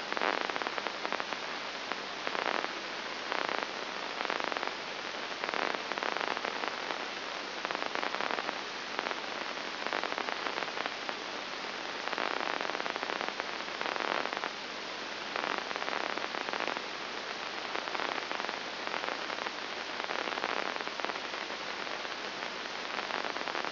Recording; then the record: brain microelectrode recording played as sound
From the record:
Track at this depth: inside the subthalamic nucleus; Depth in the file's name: 1.704 mm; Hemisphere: left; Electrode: 2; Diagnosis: Parkinson's disease